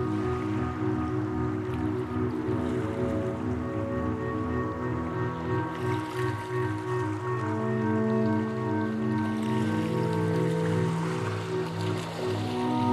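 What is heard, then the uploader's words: A passing ship's engine fills the scene with a steady, deep, layered drone that holds level for the whole stretch. Around eight to eleven seconds some of the hum tones slide slightly in pitch, while a faint watery hiss sits above. We are still on Sauvie Island, walking along the beach of a wooded peninsula called Willow Bar Beach. It’s a cool late October morning. The wave action is the wake of small, medium and large ocean-going ships.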